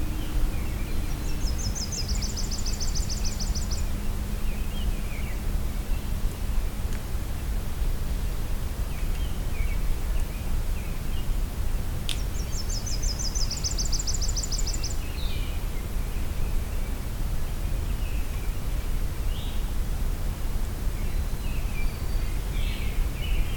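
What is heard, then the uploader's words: Kinglets call on a hike, with two bursts of very high, thin, rapid notes, one around 1–4 seconds and another around 12–15 seconds. A steady low rumble of wind or outdoor noise runs throughout, with scattered faint chirps from other birds. I’m continuing my hike from Pine Tree Harbour towards the crossroads of trails I’m calling Kinglet Junction. A couple days ago I encountered both species of kinglet.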